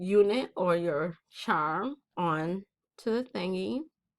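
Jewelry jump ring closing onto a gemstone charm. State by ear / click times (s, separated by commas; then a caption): not seated / none. Someone talks while handling a metal jewelry jump ring that has been twisted open, slipping a gemstone charm onto it before the ring is twisted back closed. Only speech is heard, in six short bursts with brief pauses between them. Nothing has seated or clicked yet; the ring's ends have not been brought together.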